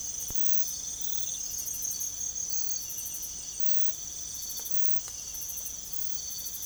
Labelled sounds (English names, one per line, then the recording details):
none
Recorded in secondary vegetation near Puerto Asís, Putumayo, Colombia, on 16 December 2024 at 04:30
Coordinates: 0.468, -76.324
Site G095